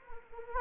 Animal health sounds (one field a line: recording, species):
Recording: mosquito wingbeat signal from an infrared sensor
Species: Anopheles gambiae